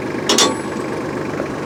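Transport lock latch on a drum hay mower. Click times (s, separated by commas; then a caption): 0.3 s, 0.4 s. A drum hay mower is raised into transport position over a steady low rumble, and its steel transport lock latch gives two sharp metallic clicks at 0.3 s and 0.4 s. The latch is locked into the transport position.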